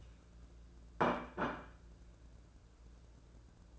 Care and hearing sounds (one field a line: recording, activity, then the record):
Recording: daily activity, microphone in the room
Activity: place plate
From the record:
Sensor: 2